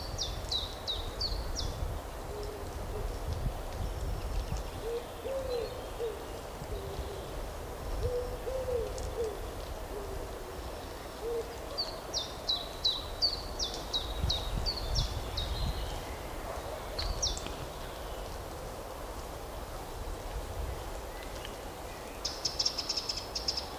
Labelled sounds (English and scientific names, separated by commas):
Common Chiffchaff (Phylloscopus collybita) song